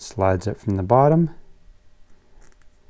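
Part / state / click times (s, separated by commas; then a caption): plastic cover of a dynamo hub wire connector / not seated / none. Someone talks while the black plastic cover of a Shimano dynamo hub wire connector, fitted to dynamo light wires, is slid on from the bottom over the wired terminals. A few faint, brief ticks follow in the quiet near the end, but nothing has seated or clicked yet.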